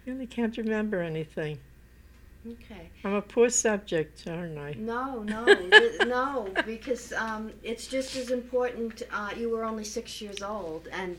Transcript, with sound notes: really can't remember anything. I'm a poor subject, I don't know. [Laughs]
No, no --- it's no -because it's just as important --- you were only six years old, and...